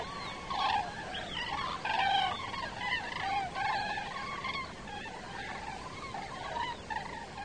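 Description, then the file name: Common crane flock calling, many overlapping trumpeting calls over soft background noise. "sookurg parves"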